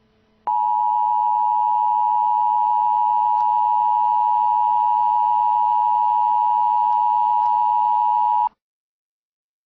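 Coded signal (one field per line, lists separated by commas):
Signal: Emergency Alert System (SAME) tones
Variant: 853 and 960 Hz attention tone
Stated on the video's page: Fictional scenario.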